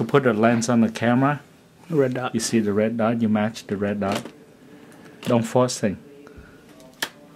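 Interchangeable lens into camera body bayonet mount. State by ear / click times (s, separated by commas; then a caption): seated / 7.0 s. Someone talks while an interchangeable lens is lined up by its red dot with the bayonet mount on a camera body and twisted until it locks. A sharp click is heard at 7.0 s, after fainter ticks at 6.3 s and 6.8 s. The lens is seated in the mount.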